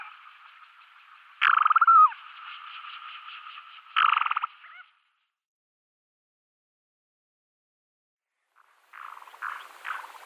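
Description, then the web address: Black-bellied sandgrouse gurgling calls, bursts of rapid bubbling pulses at mid pitch, with a quiet pause before a further soft series of churring notes. "Schulze Peter Black-bellied Sandgrouse"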